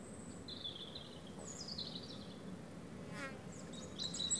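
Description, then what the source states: European robin song: thin high whistled phrases, some sliding downward, over a low rumble, with a buzzing fly passing briefly later on. Several robins singing in the afternoon at Méandres du Saugey, Brangues, France, in the Haut-Rhône; recorded with a Dodotronic stereo parabola (EM172) and Zoom H4n Pro.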